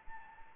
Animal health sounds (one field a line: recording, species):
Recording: mosquito wingbeat signal from an infrared sensor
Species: Anopheles arabiensis